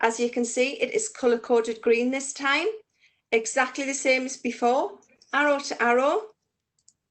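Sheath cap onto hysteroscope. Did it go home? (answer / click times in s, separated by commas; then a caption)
yes / 6.9 s. Someone talks while a larger green color-coded sheath is slid onto an OMNI hysteroscope with the arrows lined up. The white cap is then pressed on and seats with a short, sharp click at 6.9 s.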